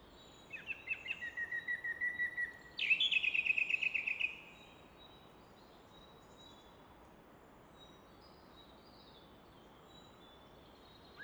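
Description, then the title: Common nightingale song: a phrase of repeated whistled notes, then a fast, higher rattling burst of repeated notes, followed by quiet with a steady rushing noise in the background. Evening song in Fläsch, Switzerland; the rushing of the Rhine in the background is reflected off a rock face; recorded with a Fostex FR2 recorder and MKH 800 microphone. "Fläsch, Schweiz - Abendstimmung Nachtigall"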